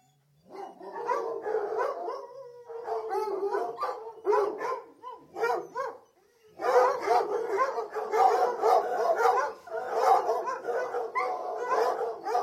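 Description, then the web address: Several dogs barking and whining, a brief lull near two and a half seconds and a near-silent gap around six seconds before a louder burst of barking. Several dogs whining and barking at kennels, heard from varying perspectives. "Sound Effects-BBC Dogs Barking BBC"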